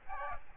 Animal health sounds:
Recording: mosquito wingbeat signal from an infrared sensor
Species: Aedes albopictus

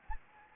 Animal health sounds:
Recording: mosquito wingbeat signal from an infrared sensor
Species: Anopheles arabiensis

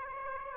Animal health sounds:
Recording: mosquito wingbeat signal from an infrared sensor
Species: Aedes aegypti

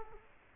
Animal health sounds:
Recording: mosquito wingbeat signal from an infrared sensor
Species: Culex quinquefasciatus

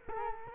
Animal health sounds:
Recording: mosquito wingbeat signal from an infrared sensor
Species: Culex quinquefasciatus

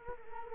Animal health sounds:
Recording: mosquito wingbeat signal from an infrared sensor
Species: Culex quinquefasciatus

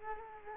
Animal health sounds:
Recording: mosquito wingbeat signal from an infrared sensor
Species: Culex quinquefasciatus

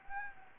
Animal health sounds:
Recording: mosquito wingbeat signal from an infrared sensor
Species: Anopheles gambiae

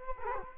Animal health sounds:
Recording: mosquito wingbeat signal from an infrared sensor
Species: Culex quinquefasciatus

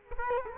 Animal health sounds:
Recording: mosquito wingbeat signal from an infrared sensor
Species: Culex quinquefasciatus

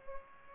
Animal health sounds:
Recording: mosquito wingbeat signal from an infrared sensor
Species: Culex pipiens

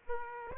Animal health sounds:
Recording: mosquito wingbeat signal from an infrared sensor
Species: Aedes aegypti

